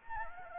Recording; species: mosquito wingbeat signal from an infrared sensor; Anopheles gambiae